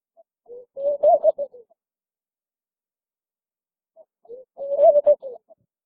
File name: Palm dove